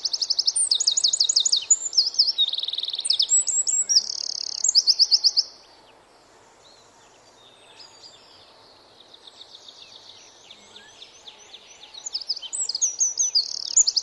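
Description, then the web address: Eurasian wren song: an energetic cascade of shrill trills and twittering notes for about five seconds, a pause, then quieter high chatter building into another loud trilling phrase. "Bird Song Site Wren - Roitelet"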